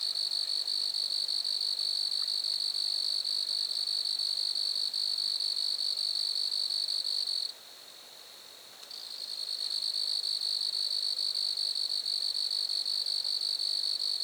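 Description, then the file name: Grasshopper making a high, rapidly pulsed buzzing trill that breaks off for about a second midway, with a fainter buzz beneath, then resumes strongly. Lac-à-François, Montcerf-Lytton, Quebec, Canada. "criquets-grasshoppers- -lac-acc 80-franccca 7 ois-montcerf-lytton-quecc 81 bec-canada"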